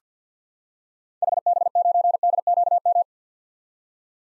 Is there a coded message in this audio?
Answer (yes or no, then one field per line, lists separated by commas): yes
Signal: Morse code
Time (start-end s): 1.2-3.0 s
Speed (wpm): 46 wpm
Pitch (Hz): 700 Hz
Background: none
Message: HB9DQM